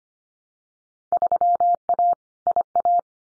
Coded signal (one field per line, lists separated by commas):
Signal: Morse code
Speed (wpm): 25 wpm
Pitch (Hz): 700 Hz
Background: none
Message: 3A IA